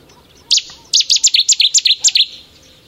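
Cetti's warbler giving a loud, explosive burst of about ten sharp, high notes in quick succession, after a single opening note and a short pause.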